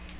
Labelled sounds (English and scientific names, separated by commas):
Magnolia Warbler (Setophaga magnolia) flight call